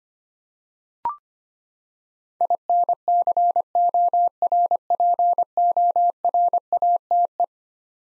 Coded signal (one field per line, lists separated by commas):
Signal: Morse code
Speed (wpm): 25 wpm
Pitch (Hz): 700 Hz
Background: none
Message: INCORPORATE